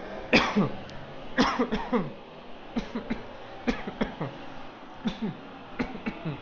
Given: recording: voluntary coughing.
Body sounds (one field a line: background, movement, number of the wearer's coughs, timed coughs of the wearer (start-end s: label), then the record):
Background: traffic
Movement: walking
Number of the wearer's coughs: 10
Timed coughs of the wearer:
0.30-0.76 s: cough
1.35-1.70 s: cough
1.70-2.12 s: cough
2.74-3.08 s: cough
3.08-3.38 s: cough
3.65-3.98 s: cough
3.98-4.32 s: cough
5.04-5.42 s: cough
5.77-5.99 s: cough
5.99-6.38 s: cough
From the record:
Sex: male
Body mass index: 20.5 kg/m2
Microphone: on the chest, facing outward